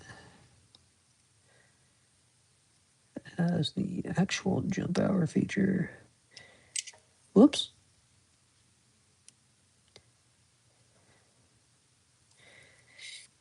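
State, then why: Not seated. During a service of a Rolex 3185 watch movement, a small metal part of the jumping-hour mechanism is being fitted into the movement. Someone talks while faint, sharp ticks of handling come through, including brief ticks near 9.3 and 10.0 seconds. Nothing has seated or clicked into place yet when the clip ends.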